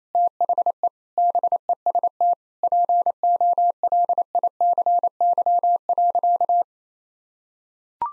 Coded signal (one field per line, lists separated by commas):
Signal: Morse code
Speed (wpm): 28 wpm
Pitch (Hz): 700 Hz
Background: none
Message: THE BEST POLICY.